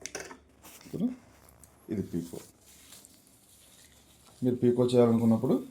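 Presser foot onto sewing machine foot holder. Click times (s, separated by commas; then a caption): 0.1 s. On an Allure DLX sewing machine, the presser-foot lever is lowered and the metal presser foot locks onto the foot holder with a sharp snap at 0.1 s, and it is seated. A few faint taps follow while someone talks.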